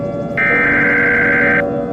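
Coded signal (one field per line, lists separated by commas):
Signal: Emergency Alert System (SAME) tones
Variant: header bursts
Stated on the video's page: Simulated nuclear attack EAS scenario for entertainment, with an Emergency Action Notification and a countdown to missile impact.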